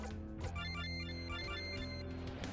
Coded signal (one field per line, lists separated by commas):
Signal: none